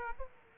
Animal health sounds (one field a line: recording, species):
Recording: mosquito wingbeat signal from an infrared sensor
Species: Aedes aegypti